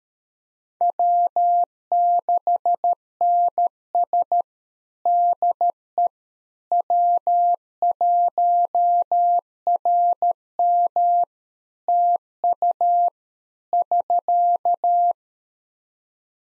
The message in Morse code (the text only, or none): W6NS DE W1RM TU <SK>